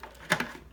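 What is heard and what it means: The plastic tail of a large Mattel Jurassic World Legacy Collection Brachiosaurus figure is lined up by its notch and pushed into the body socket. A sharp plastic click is heard at 0.3 s, followed by a softer second click just after, and the tail is seated in the body.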